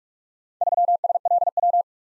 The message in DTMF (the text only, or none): none